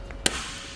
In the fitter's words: you hear a loud click like that next